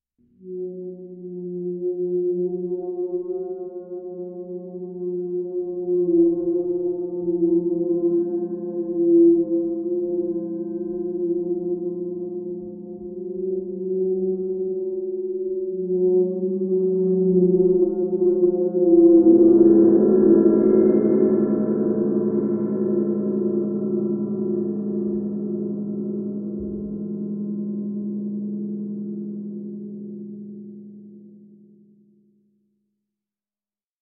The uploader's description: gongs, flutes, Windwand, crystal bowls